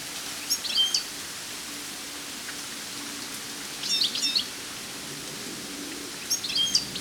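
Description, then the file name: European goldfinch calls: three brief clusters of bright, high twittering notes over constant rain-like hiss. "Carduelis carduelis"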